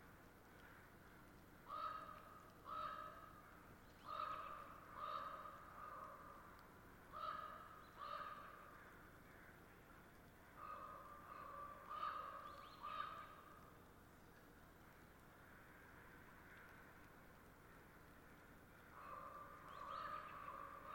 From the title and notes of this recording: The site is a permanent roost for a mob of ravens. On a daily basis, though, their home is utilized by a murder of crows as a staging area for their final roost. After a long day of foraging, the crow gang descends to overrun the area before moving along. You can hear their frantic calling. The ravens are listening, waiting to see if it’s okay to go about again.